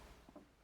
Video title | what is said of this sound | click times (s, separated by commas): Russian SVT-40 Semi-auto battle rifle | push that in and it locks into place | 0.4 s